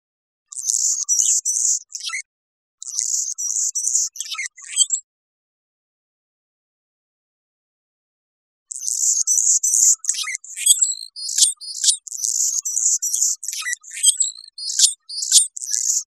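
Anna's hummingbird with two short bursts of thin, buzzy, scratchy notes, a silent gap of several seconds, then a longer stuttering series of high squeaky chips.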